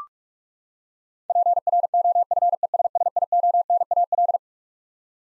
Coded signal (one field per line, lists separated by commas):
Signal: Morse code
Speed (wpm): 46 wpm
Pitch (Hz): 700 Hz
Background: none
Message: PROFESSIONAL